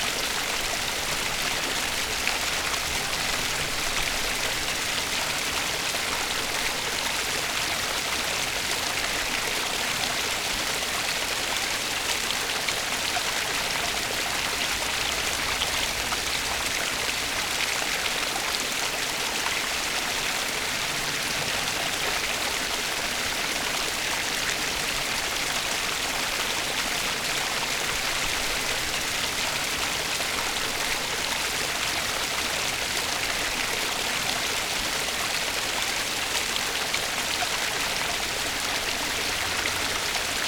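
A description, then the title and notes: A stream runs steadily, its water making a dense, even rush weighted toward a bright hiss, with softer low gurgling underneath. The flow holds the same level for the whole forty seconds, with no separate events or other sounds standing out. Laying by the Stream Water Sounds.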